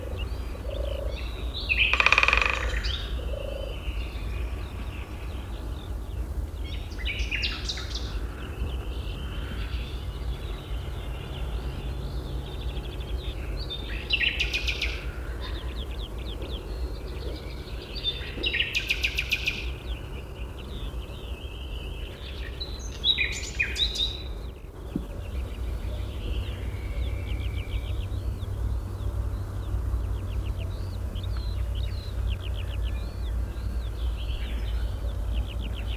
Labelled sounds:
Syrian Woodpecker drumming

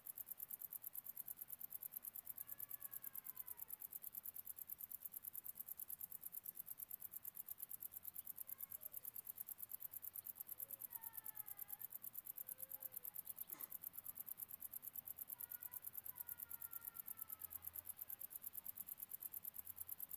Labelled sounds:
Wartbiter stridulation

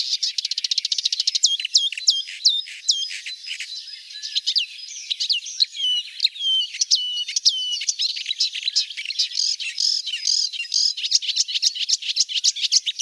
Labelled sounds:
Marsh Warbler song

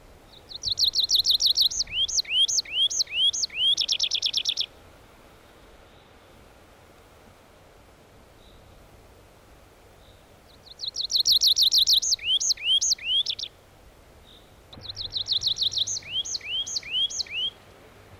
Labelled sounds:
Tree Pipit song

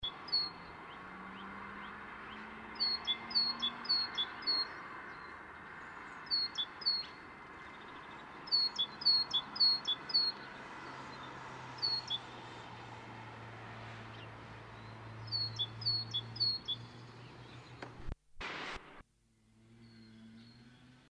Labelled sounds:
Great Tit song

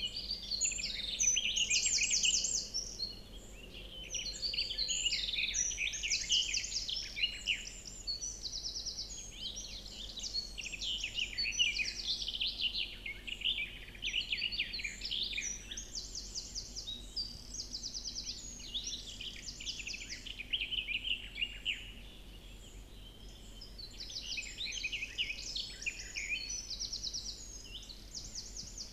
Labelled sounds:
Garden Warbler song

